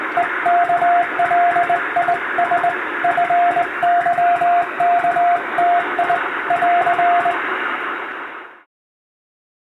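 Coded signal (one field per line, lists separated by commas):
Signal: Morse code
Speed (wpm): 20 wpm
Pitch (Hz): 700 Hz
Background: radio noise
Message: EKLIS FYKTI <AR>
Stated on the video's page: Hand-keyed Morse practice sent on a straight key by a first-class radiotelegraph operator, using telegram practice texts.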